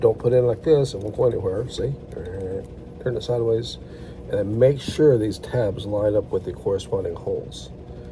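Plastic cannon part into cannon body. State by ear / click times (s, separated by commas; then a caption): not seated / none. Someone talks while handling a plastic LEGO toy brick cannon part during reassembly, turning it sideways and lining its tabs up with the matching holes in the cannon body. Soft handling noises are heard under the talking, but nothing has seated or snapped in yet.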